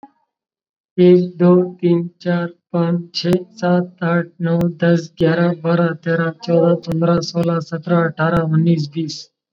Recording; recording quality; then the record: counting at a normal pace; excellent, no background noise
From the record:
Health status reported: COVID-19 positive, mild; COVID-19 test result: positive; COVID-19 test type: rapid antigen test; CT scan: not taken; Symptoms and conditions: cough, fever, fatigue, muscle pain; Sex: male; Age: 20 years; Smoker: no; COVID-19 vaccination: both doses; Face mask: worn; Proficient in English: yes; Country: India